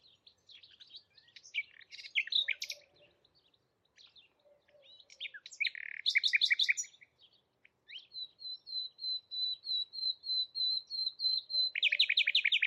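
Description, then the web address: Bird song, varied twittering phrases, then a long run of quick repeated notes ending in a loud rapid burst of chirps. "Bird Only"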